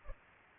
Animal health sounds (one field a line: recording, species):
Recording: mosquito wingbeat signal from an infrared sensor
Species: Culex pipiens